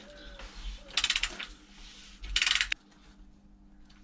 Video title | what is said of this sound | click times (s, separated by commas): Renault Clio 4 0.9 TCE 90 HP : Oil and Oil Filter replacement | you can hear the click. | 2.7 s